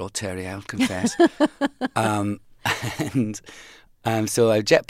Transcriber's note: laughter